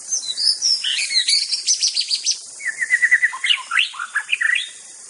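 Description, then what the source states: White-rumped shama delivering a varied, fast song of high chirps, rapid trilled notes and sweet whistles, with an insect drone in the background. Wild bird from the forest.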